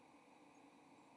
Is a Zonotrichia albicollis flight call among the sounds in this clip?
no